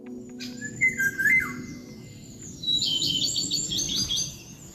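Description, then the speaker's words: Eurasian golden oriole singing one short fluted whistled phrase that slides downward, with high chirping from other small birds afterward. Heard early in the morning in Lauwersmeer National Park, Netherlands; the bird stayed unseen. "In Nationaal Park Lauwersmeer hoort Simone Wieringa 's morgens vroeg de wielenwaal."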